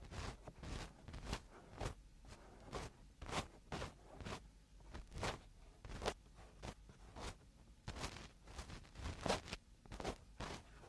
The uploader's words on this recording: Eardrum Cleaning (No Talking).